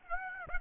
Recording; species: mosquito wingbeat signal from an infrared sensor; Aedes aegypti